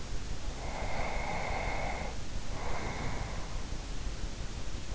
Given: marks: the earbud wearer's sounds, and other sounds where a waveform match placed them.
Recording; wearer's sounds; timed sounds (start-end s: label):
sounds in sleep by an in-ear microphone; breath
0.35-3.94 s: breath